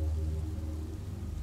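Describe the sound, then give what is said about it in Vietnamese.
Steady rain and wind beat against a door, a continuous dense patter at even loudness over a low, rumbling roar of wind, with no voices. “Mưa gió tạt vào cánh cửa kêu ầm ầm, bên trong vắng lặng.”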